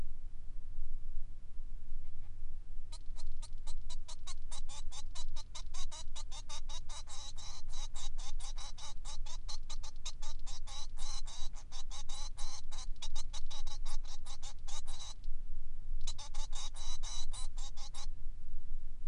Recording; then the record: song of a male Bengalese finch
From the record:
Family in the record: son of father 3